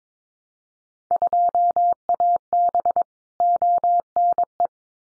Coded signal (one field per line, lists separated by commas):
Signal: Morse code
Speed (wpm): 22 wpm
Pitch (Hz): 700 Hz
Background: none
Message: 2AB ONE